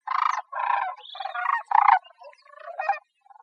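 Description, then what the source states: Bird producing a run of coarse, buzzy squawks, several drawn out and nearly continuous, fading into softer scratchy notes at the end. Costa Rica.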